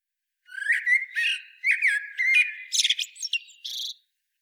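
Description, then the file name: Common blackbird giving a rapid string of scratchy, chattering notes mixed with short whistled slurs, lasting about three and a half seconds without a pause. "Turdus merula"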